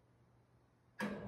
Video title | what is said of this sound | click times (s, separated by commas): 10 September 2025 | nakalock na po siya. | 1.0 s